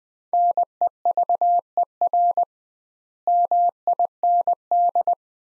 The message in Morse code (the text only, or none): NEVER MIND